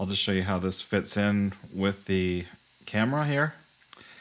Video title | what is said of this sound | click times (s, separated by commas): Dell UltraSharp 4K Webcam and How it Compares to the Elgato Facecam | and it snaps right into place with the rectangular slot | 3.9 s